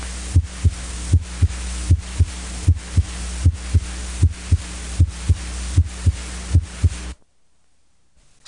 S1 over mitral area. S1 is made up of two components, M1 and T1. S1 is heard best near the apex of the heart over the mitral area with the diaphragm of the stethoscope. It is usually perceived as a single sound.